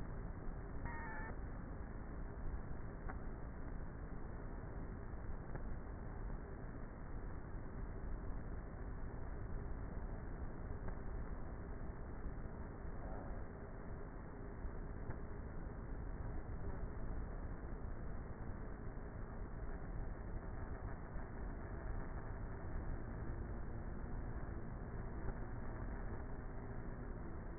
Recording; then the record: honeybee colony, microphone inside the hive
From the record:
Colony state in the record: queenless with a low population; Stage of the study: before two queens were removed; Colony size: about 30,000 bees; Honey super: no